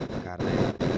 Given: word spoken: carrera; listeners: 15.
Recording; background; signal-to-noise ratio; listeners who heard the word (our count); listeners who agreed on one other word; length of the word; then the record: one Spanish word in noise, from a listening test; noise modulated by one talker; -10.4 dB; 1 of 15; 8 of 15; 0.58 s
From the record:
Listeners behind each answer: 8, 2, 2, 1, 1, 1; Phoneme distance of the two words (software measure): 31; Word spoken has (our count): 3 syllables, 6 phonemes, stress on syllable 2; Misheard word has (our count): 2 syllables, 5 phonemes, stress on syllable 2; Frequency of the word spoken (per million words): 114.38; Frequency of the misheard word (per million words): 4.14